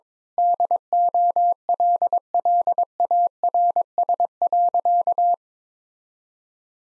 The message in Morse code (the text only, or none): DOLLARS.